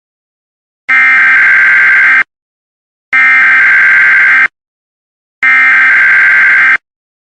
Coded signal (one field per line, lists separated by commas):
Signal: Emergency Alert System (SAME) tones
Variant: header bursts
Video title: Nuclear Escalation - EAS Scenario